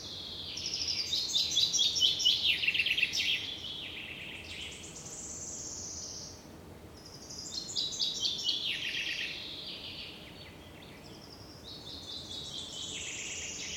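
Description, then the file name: Common chaffinch song: several bright, rattling phrases, some tumbling downward in pitch, separated by short pauses over a soft steady hiss. "Fringilla coelebs"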